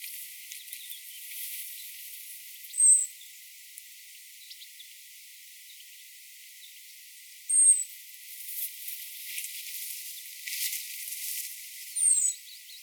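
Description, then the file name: European robin calls: three thin, high whistles roughly five seconds apart, with intermittent hissing noise in the background. "Erithacus rubecula"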